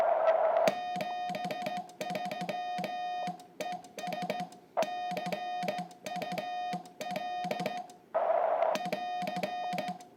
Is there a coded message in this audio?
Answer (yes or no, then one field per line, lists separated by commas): yes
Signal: Morse code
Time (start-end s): 0.7-9.9 s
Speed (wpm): 16 wpm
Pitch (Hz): 1850 Hz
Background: music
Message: 73 ES CUL <AR>